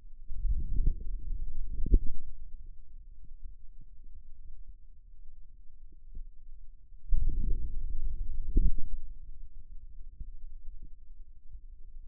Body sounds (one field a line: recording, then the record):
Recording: forearm muscle sounds (acoustic myography)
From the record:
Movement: outward rotation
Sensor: system 2, bracelet of six BSWA MPA416 microphones around the upper forearm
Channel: 2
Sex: male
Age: 22 years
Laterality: right